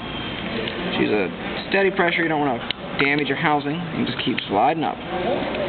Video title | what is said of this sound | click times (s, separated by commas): How To - HTC Wing Dissasembly T-Mobile LCD Replacement Tutorial Part 2 | get in there you'll hear it pop | 0.7 s